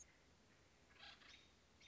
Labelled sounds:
American Robin
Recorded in Sonoma County, California

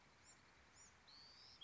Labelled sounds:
Bewick's Wren
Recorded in Sonoma County, California

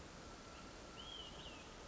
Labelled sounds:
Olive-sided Flycatcher
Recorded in Sonoma County, California

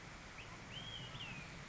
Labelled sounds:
Olive-sided Flycatcher
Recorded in Sonoma County, California

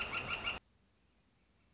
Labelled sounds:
Northern Flicker
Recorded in Sonoma County, California

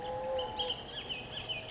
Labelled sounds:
Bullock's Oriole
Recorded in Sonoma County, California

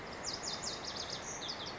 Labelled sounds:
Lazuli Bunting
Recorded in Sonoma County, California

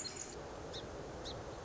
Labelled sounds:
Song Sparrow
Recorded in Sonoma County, California

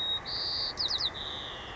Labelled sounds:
White-crowned Sparrow
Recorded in Sonoma County, California

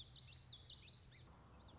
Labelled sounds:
Common Yellowthroat
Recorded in Sonoma County, California

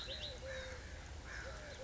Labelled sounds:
Eurasian Collared Dove
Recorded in Sonoma County, California

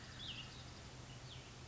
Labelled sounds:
Cassin's Vireo
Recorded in Sonoma County, California

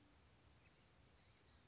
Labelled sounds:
Blue-gray Gnatcatcher
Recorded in Sonoma County, California

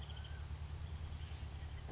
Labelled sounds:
Chestnut-backed Chickadee
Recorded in Sonoma County, California

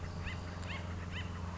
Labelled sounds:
Acorn Woodpecker
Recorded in Sonoma County, California

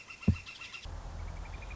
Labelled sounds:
Northern Flicker
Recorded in Sonoma County, California

